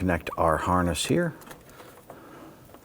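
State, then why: Not seated. Someone talks briefly while a wiring harness connector is handled at the washer reservoir pump/sensor during a windshield washer reservoir replacement on a 2000-2006 Toyota Tundra. Quiet handling follows, with faint brief taps near 2.1 and 2.7 seconds. The connector has not seated or clicked in yet.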